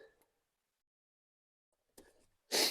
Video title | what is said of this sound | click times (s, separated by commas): Fixing a bad rattle after installing new front shocks - 2011 Yukon Denali Hybrid suspension problems | make sure you hear it click just do a little pull on it there | 2.0 s